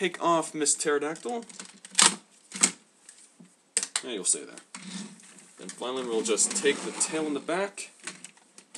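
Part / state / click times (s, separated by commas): tail piece into the back of a combining robot toy / not seated / none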